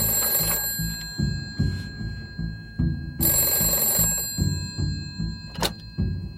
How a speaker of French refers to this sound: Tout au long du film, la sonnerie de téléphone retentit de façon incessante chez les Bergerons